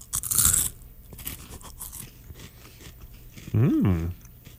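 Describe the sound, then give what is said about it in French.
A loud, sharp crunch as a crisp pea snack is bitten, followed by softer, irregular crackling chews, then a short hummed vocal sound rising and falling in pitch. “Es-tu prêt à croquer dans ton poids?”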